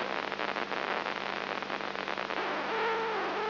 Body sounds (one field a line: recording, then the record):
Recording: brain microelectrode recording played as sound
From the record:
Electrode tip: inside the subthalamic nucleus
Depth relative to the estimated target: -2 mm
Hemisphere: left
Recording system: AlphaMap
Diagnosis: Parkinson's disease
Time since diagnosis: 10 years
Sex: male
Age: 56 years